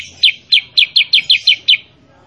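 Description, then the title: Sooty-headed bulbul chirps: eight sharp, downward-slurred notes in a quick, even series lasting under two seconds, then quiet. Master (training) recording of a kutilang sutra in vigorous 'gacor' song, played so that other kept kutilang sutra answer and sing along. "Masteran Kutilang Sutra. Kutilang Sutra mana YANG GAK NYAUT dan IKUT BUNYI GACOR dengan suara Kutilang Sutra Super GACOR Ini"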